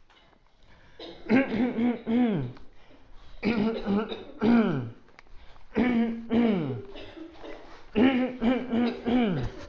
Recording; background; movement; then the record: throat clearing; a bystander coughing; walking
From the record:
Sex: male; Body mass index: 20.6 kg/m2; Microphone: on the chest, facing outward